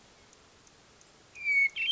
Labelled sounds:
Hermit Thrush
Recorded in Sonoma County, California

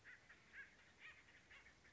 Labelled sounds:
Acorn Woodpecker
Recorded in Sonoma County, California

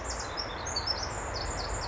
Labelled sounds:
Pacific Wren
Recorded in Sonoma County, California

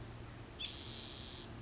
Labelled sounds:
Spotted Towhee
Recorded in Sonoma County, California

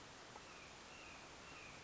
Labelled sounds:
Red-shouldered Hawk
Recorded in Sonoma County, California

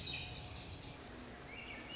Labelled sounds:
Swainson's Thrush
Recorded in Sonoma County, California

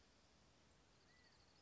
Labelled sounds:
California Quail
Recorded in Sonoma County, California

